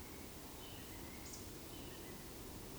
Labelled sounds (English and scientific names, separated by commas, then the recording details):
Eurasian Woodcock (Scolopax rusticola) whistle
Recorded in Baden-Württemberg, Germany, on 28 May 2020 at 19:57 UTC
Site 31917, 145 m above sea level